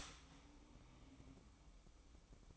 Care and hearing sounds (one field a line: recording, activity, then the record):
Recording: daily activity, microphone in the room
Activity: start toaster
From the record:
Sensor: 1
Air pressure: 1007.2 hPa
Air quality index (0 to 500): 75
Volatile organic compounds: 1 ppm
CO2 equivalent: 660 ppm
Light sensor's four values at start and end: 7/16/6/7 and 7/16/6/7